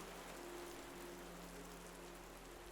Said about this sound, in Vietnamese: Bên ngoài cơn mưa mỗi lúc một to hơn. Tiếng mưa như xé toạc màn đêm quê tĩnh mịch.